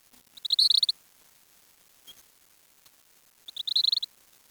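Bird call: two short, dry, rapid clicking rattles, high and buzzy, separated by about two and a half seconds of near silence.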